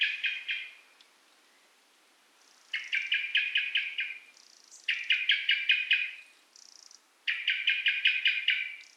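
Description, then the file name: Common blackbird giving rattling chatter calls: four bursts of fast, harsh chack notes separated by pauses, with brief thin high notes between bursts. "Turdus merula"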